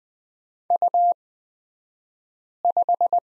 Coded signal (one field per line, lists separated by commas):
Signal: Morse code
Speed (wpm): 20 wpm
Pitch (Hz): 700 Hz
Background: none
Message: U5